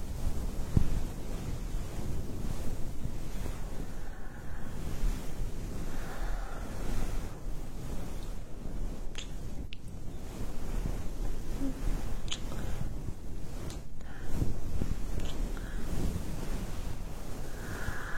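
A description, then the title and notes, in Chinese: Ear massage: steady, dense rubbing and rustling with a deep rumble, swelling in slow waves, with a few sharp scrapes near the middle. 按摩耳朵刺激大脑。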